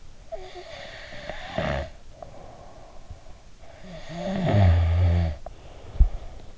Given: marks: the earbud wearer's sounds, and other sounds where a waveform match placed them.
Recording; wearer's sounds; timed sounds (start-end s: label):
sounds in sleep by an in-ear microphone; snoring breath
0.32-3.36 s: snoring breath
3.55-6.58 s: snoring breath